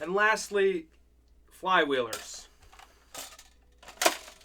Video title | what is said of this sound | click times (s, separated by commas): [REVIEW] XShot Pro Magazine Refill Pack - Great For Many Blasters?? - [Tested & Compatibility Check] | same issue doesn't chamber doesn't lock in | none